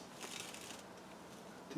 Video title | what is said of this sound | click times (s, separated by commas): The Repair Shed: The German Clock Restoration | Didn't catch it | none